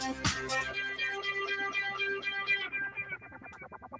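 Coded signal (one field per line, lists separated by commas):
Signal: none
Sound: guitar music notes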